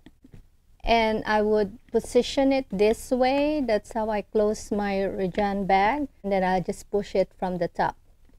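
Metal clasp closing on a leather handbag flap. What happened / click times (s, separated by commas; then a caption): Handled, not yet home: the clasp has not snapped shut / none. A person positions the metal clasp on the flap of a Moynat Réjane saddle bag made of Barenia natural calf leather and begins pushing it closed from the top, while someone talks throughout. The clasp has not clicked shut yet; the clip ends just before it closes.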